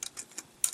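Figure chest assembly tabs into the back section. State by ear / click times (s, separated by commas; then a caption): seated / 0.6 s. The plastic chest assembly of a Transformers Age of Extinction Leader Optimus Prime action figure is raised up against the back section until its small tabs catch. A few faint ticks come at about 0.0, 0.2 and 0.4 seconds, then a sharp, louder click at 0.6 seconds. The tabs lock the assembly into place.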